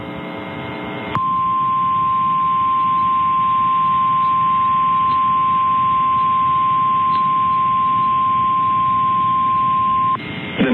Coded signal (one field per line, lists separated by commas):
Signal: Emergency Alert System (SAME) tones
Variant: 1050 Hz attention tone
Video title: Severe Thunderstorm Warning (ND) (8/7/25) [EAS #244]